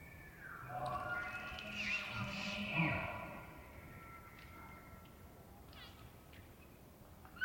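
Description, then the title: Elk bugle: layered harmonic tones swelling for about two seconds, then fading, with faint chirps and a brief sharp sound at the end. Bull elk in rut, Colockum Wildlife Area; morning of September 18; males vocal just before hunting season. "Elk Bull Roars Closer And Far With Challenges, Galloping, And Clashing Antlers"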